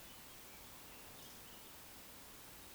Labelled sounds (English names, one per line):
Eurasian Woodcock whistle